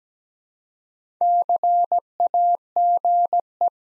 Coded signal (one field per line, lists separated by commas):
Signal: Morse code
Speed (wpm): 17 wpm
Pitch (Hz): 700 Hz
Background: none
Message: CAGE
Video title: Easy Words with Hints - 17wpm